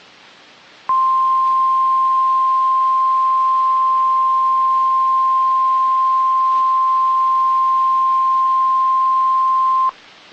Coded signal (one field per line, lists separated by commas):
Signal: Emergency Alert System (SAME) tones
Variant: 1050 Hz attention tone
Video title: RWTs From 6/28/23 (EAS #1853-1867)